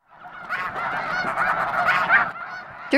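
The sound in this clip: Snow Goose flock honking, a dense overlapping chorus of nasal honks, steady for most, then quieter near the end.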